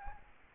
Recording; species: mosquito wingbeat signal from an infrared sensor; Aedes albopictus